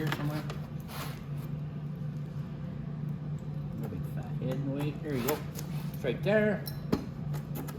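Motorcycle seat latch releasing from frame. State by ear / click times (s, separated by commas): released / 6.9 s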